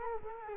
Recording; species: mosquito wingbeat signal from an infrared sensor; Culex quinquefasciatus